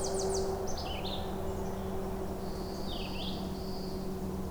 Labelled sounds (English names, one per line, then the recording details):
Red-eyed Vireo song
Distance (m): 30 m
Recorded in boreal forest in Alberta, Canada, on 26 May 2016 at 07:07
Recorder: SongMeter 3, array SBT-3-15
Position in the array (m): 111 m, 190 m